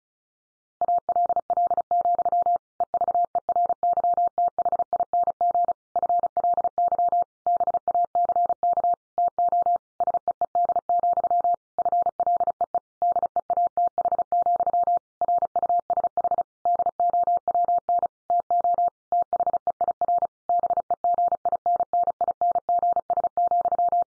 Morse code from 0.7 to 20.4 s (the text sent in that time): ALL, EVERYTHING FLY BACK TO SEED, FLEE DEATH, RUSH DOWN TO THEIR